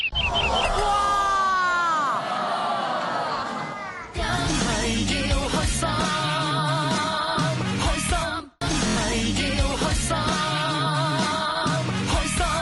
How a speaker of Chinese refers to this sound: 另一位，我想大家以热烈嘅掌声，请。